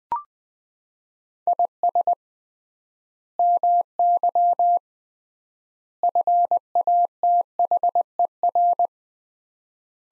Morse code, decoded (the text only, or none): IS MY FATHER